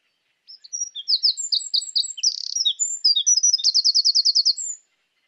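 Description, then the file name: Eurasian wren song: one sustained high phrase of quick piercing notes, a short buzzy trill mid-way and a fast, evenly pulsed rattle near the end. "Troglodytes troglodytes"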